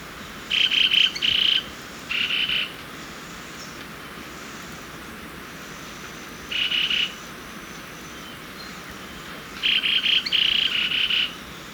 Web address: Natures Songs S America Birds of Ecuador Bronze-Green Euphonia